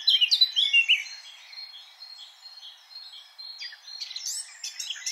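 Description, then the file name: Eurasian blackcap song, a brief loud warble of quick mixed notes, a long quiet stretch of faint chatter, then another burst of high twitters. "Sylvia atricapilla"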